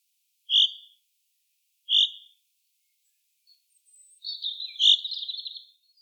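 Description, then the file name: Common chaffinch making two clipped high call notes, then a brief scratchy, twittering burst mixed with another sharp note toward the end; otherwise quiet. "Fringilla coelebs"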